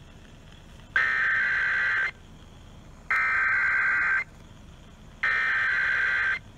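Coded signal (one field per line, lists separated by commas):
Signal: Emergency Alert System (SAME) tones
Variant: header bursts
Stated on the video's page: Weekly test caught on 96.7 FM radio.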